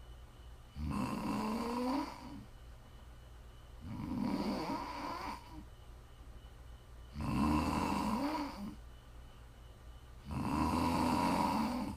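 Four low, buzzing snores of about one to one and a half seconds each recur at a fairly steady pace of roughly 19 per minute, with quiet breathing between them. The pattern is ordinary rhythmic snoring.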